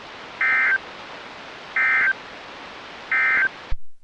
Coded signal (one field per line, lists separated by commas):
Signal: Emergency Alert System (SAME) tones